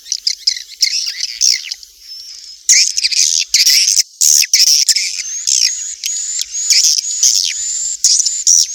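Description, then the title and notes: Swiftlet calls, a dense chorus of high chattering chirps and rapid clicking pulses with some thin sustained whistles, overlapping irregularly throughout. Used for swiftlet farming in Asia. "Swiflet Bird Sound. Farming Swiflet Bird asia sound"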